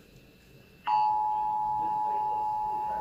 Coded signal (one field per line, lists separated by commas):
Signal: Emergency Alert System (SAME) tones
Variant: 853 and 960 Hz attention tone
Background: speech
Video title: EAS TEST (11/18/2021)